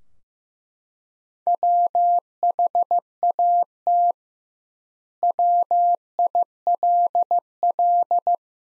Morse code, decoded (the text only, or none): WHAT WILL